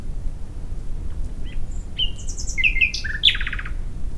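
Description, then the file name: Common nightingale song: varied short whistles and chirps building to bright, sharp notes and a brief fast trill, over faint low rumble. "Luscinia megarhynchos"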